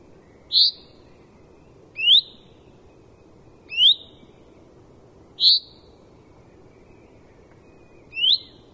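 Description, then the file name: Common chaffinch giving clipped, high, upward-flicking call notes, five over nearly nine seconds at slightly uneven intervals, with faint low background noise. "Fringilla coelebs"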